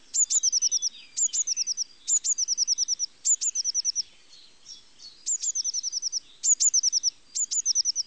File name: Mesange bleue